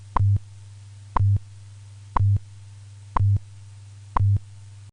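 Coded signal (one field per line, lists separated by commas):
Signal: radio time signal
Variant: WWV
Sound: sharp clicks once per second, each followed by a brief low hum pulse, five in all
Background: faint low hum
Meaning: Each tick marks one second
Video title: WWV MARS #1 Haiti earthquake relief | Signal Phantom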